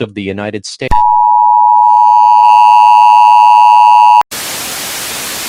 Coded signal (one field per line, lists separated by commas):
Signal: Emergency Alert System (SAME) tones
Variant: 853 and 960 Hz attention tone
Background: speech